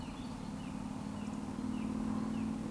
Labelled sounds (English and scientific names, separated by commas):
Eurasian Woodcock (Scolopax rusticola) whistle